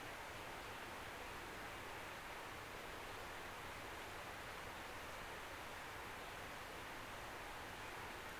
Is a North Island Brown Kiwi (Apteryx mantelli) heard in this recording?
no